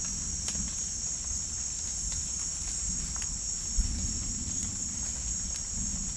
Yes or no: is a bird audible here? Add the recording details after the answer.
no. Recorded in dense forest near Puerto Asís, Putumayo, Colombia, on 16 December 2024 at 17:30. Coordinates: 0.466, -76.327. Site G075